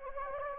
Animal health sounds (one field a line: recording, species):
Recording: mosquito wingbeat signal from an infrared sensor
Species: Anopheles gambiae